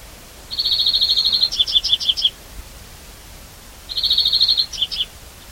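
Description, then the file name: European greenfinch giving a rapid, even, high trill followed by a few separate ringing notes, the phrase repeated twice. "Chloris chloris"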